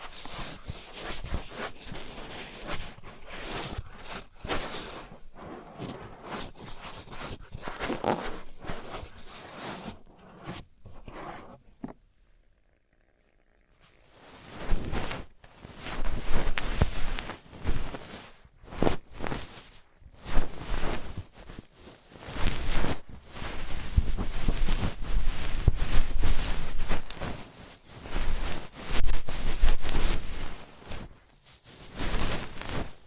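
Traditional Chinese ear cleaning and earwax removal, heard as dense, close scratching and rustling that comes in quick irregular bursts. The scraping pauses into near silence around eleven to fourteen seconds, then resumes in rhythmic surges of louder and softer scratching until the end.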